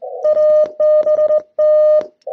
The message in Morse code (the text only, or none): ABT